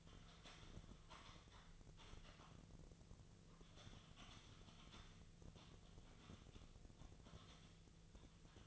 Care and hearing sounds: daily activity, microphone in the room; typing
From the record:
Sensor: 4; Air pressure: 1001.0 hPa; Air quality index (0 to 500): 141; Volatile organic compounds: 2 ppm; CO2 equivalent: 1041 ppm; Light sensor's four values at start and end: 26/63/26/27 and 26/63/26/27

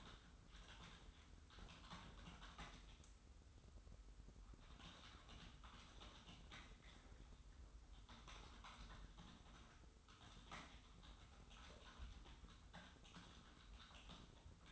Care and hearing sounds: daily activity, microphone in the room; typing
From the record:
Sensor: 3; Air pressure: 990.9 hPa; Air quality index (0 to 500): 139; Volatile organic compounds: 261 ppm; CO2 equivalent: 4388 ppm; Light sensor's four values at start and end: 37/90/36/35 and 38/91/36/35

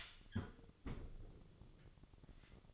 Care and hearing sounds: daily activity, microphone in the room; close fridge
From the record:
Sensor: 4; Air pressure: 1008.6 hPa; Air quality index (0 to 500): 73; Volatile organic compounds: 1 ppm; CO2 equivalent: 628 ppm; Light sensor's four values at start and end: 12/28/11/11 and 13/30/12/12

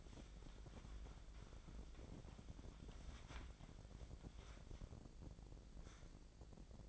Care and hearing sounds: daily activity, microphone in the room; wipe stove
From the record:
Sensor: 5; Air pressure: 1012.4 hPa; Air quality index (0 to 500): 158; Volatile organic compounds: 2 ppm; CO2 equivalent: 1080 ppm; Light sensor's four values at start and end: 193/462/197/226 and 192/458/196/228

